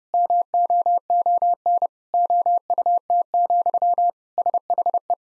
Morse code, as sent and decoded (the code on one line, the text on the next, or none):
-- --- --- -. / --- ..- - --..-- / ... .... .
MOON OUT, SHE